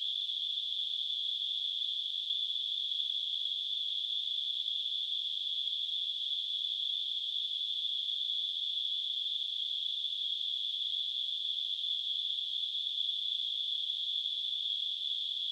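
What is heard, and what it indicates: A steady, high-pitched hissing ring centred around 3 to 4 kHz holds unchanged for the whole 15 seconds, with no other sound. It is a simulation of tinnitus, the phantom ringing or hissing heard in the ears.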